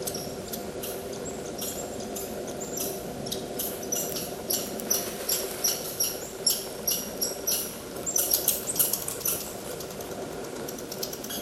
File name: Tamiasciurus hudsonicus CT